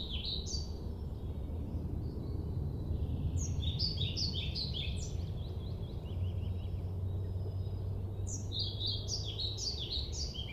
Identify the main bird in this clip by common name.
European Pied Flycatcher